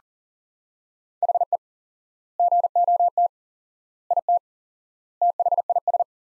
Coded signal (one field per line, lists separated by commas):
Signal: Morse code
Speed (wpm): 40 wpm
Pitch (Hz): 700 Hz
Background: none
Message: HE GOT IT THIS